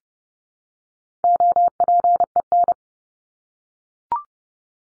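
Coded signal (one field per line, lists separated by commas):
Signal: Morse code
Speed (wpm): 30 wpm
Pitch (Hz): 700 Hz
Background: none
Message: OPEN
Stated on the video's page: Morse drill of the 300 most common English words at 30 wpm for head-copy.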